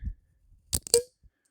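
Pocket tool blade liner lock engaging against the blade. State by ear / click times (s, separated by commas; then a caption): seated / 0.9 s. The metal blade of a Gerber Keynote keychain pocket tool is opened close to the microphone, with a liner lock that engages against the blade. A few quick metallic clicks and snaps are heard, ending in a sharp, bright click at 0.9 s as the liner lock clicks over and the blade locks into place. No one talks.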